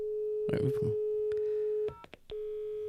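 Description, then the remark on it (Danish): A steady, mid-pitched telephone line tone hums continuously during a call to a main number, broken briefly by a few clicks before resuming. A short burst of voice is heard over it near the start. “Men vi kan jo bare ringe op til hovednummeret.”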